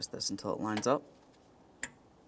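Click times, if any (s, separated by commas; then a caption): 1.8 s. A wiring connector is twisted to line up and pushed onto the coolant temperature sensor at the bottom of the radiator of a 2014-2018 Mazda 3. Someone talks for the first second, then after a quiet stretch a single sharp click rings out at 1.8 seconds. The connector seats.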